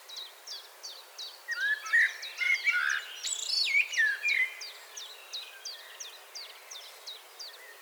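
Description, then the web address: Common blackbird song: fluting warbled phrases rise to a squeaky twitter midway, over a steady series of short high chips. "SETE Turdus merula"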